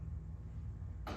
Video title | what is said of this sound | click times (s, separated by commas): Pride Endurance Li Rental - Easy Instructions for Assembly & Disassembly | and then pops right into place. | 1.1 s